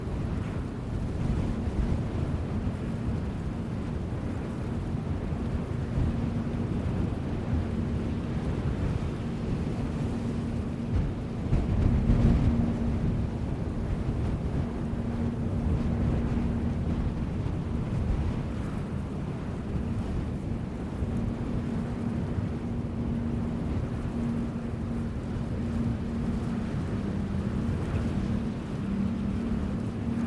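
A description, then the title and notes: Wind rumbles low and steady against the microphone over a constant droning hum, with one stronger gust swelling around twelve seconds. A los cuatro vientos by Félix Blume. French sound artist and sound engineer Félix Blume presents wind sounds being played in four different places of America, recorded between 2011 and 2014.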